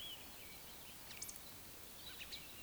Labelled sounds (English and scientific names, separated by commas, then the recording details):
Eurasian Woodcock (Scolopax rusticola) whistle, Eurasian Woodcock (Scolopax rusticola) croak
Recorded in Baden-Württemberg, Germany, on 31 May 2021 at 19:49 UTC
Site 24606, 635 m above sea level